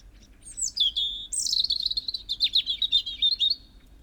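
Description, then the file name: European robin singing one phrase: thin high whistles sliding down, then a long run of quick, warbling, twittering notes, quiet background. "Erithacus rubecula"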